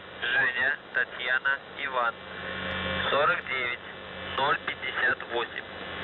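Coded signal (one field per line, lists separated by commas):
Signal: coded military voice message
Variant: UVB-76, Russian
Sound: a male voice speaking words over radio with a steady low hum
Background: radio static, hum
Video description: "The Buzzer" is a Russian military radiostation that broadcasts on 4625 kHz.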